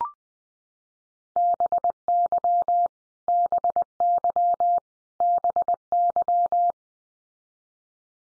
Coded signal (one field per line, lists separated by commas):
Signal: Morse code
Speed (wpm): 20 wpm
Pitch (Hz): 700 Hz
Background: none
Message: BY BY BY